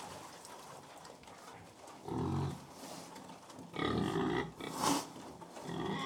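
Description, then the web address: Pig feeding: quiet snuffling at first, then a few louder bursts of grunting. Pig feeding, close perspective; livestock. "BBC Sound Effects Library BBC Livestock Close Perspective Of Pig Feeding"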